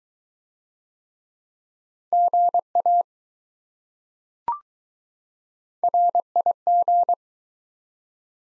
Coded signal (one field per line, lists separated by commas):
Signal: Morse code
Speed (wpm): 20 wpm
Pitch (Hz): 700 Hz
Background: none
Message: GA RIG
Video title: Top 20 QSO Elements - Speed-Racing - 15wpm